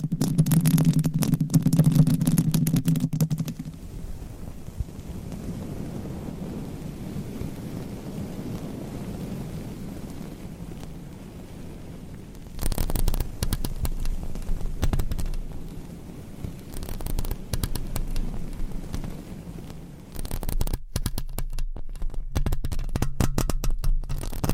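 Long nails scratch across microphones in rough, crackling bursts. A loud, dense stretch of scraping opens the clip, then eases into a softer, steady rustle until about 12 seconds, when sharp scratching returns in uneven waves through to the end.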